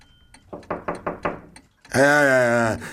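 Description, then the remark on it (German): Five quick, evenly spaced knocks on a door, moderately loud, followed after a short pause by a loud voice speaking. “Die Tür.”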